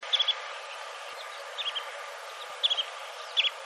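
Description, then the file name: Alpine accentor calls: short chirps in four quick bursts of a few notes each, over a steady background hiss. "iwahibar"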